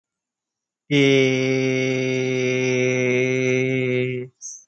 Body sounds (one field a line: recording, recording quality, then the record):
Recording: sustained vowel as in made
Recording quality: excellent, no background noise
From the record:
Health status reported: healthy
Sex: male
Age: 20 years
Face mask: not worn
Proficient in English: yes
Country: India